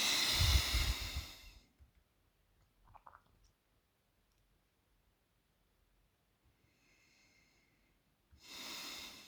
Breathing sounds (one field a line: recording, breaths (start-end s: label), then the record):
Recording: nose breathing near a microphone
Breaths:
0.00-1.69 s: exhalation
6.31-8.19 s: inhalation
8.19-9.28 s: exhalation
From the record:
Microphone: phone